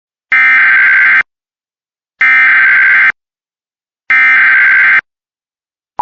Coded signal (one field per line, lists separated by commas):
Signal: Emergency Alert System (SAME) tones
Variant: header bursts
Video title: Arizona administrative message EAS #16